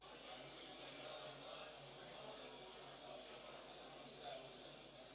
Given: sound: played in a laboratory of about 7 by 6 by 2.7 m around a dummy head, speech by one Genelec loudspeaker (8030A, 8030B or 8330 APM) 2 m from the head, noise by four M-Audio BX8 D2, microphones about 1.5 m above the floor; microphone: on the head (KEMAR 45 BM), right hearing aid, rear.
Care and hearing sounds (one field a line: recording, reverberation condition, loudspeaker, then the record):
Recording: cafeteria noise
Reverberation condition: medium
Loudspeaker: four, about 170 cm from the corners of the room and facing them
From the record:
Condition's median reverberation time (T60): about 510 ms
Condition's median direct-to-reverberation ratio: about -0.5 dB